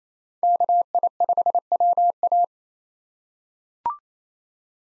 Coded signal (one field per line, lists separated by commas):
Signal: Morse code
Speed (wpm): 28 wpm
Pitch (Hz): 700 Hz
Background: none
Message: KI5WA